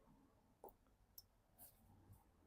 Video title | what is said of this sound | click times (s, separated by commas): How to Fix Mercedes A 180 - 2013 Wrong Indicator - Sanu Motors with Charlie | Yeah, I can hear the clicking sound. Yeah, it's locked. | 0.6 s, 1.2 s